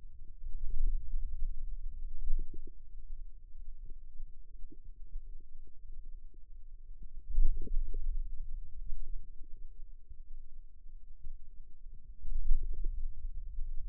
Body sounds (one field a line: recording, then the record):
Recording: forearm muscle sounds (acoustic myography)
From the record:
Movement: radial deviation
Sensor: system 2, bracelet of six BSWA MPA416 microphones around the upper forearm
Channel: 5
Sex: male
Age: 22 years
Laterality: right